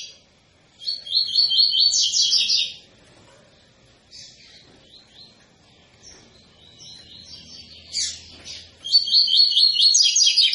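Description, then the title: Double-collared seedeater singing two loud phrases of rapid, high twittering notes, one near the start and one at the end, with quieter scattered chirps between them. Tui-tui song style, described as a tutor song for teaching young birds. "COLEIRO TUI TUI FIBRA CANTO PROFESSOR"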